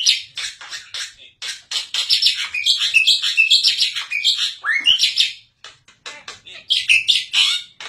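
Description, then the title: Black-winged myna singing a rapid, varied medley of harsh chatters, squeaks and brief whistled slurs, almost continuous with only short breaks. Dense, varied, persistent singing, used as a training recording (masteran) for captive songbirds. "Kicauan Rapat Jalak Putih Gacor Banyak Variasi Untuk Masteran"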